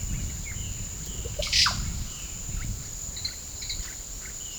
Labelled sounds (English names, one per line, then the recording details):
Russet-backed Oropendola
Violaceous Jay
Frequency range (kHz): Russet-backed Oropendola 0.3-10.7 kHz
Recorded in pastures near Puerto Asís, Putumayo, Colombia, on 29 June 2025 at 09:00
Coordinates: 0.497, -76.327
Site G040